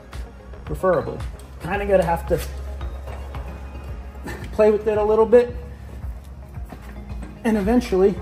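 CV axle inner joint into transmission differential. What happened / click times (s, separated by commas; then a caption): The axle is still being worked in and has not seated / none. Someone talks while the inner joint of the driver's-side CV axle on a 2010 Mazda 3 is wiggled and worked into the transmission differential, with a few brief, faint sharp sounds around 0.1, 2.8 and 3.4 seconds. The axle spline has not seated or clicked into place yet.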